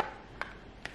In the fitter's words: so I'm going to lock that in place